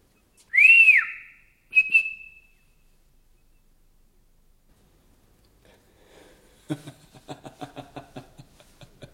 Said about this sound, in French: Sifflez, monsieur Ragdal. Une longue de brève, une longue de brève. Allez, sifflez.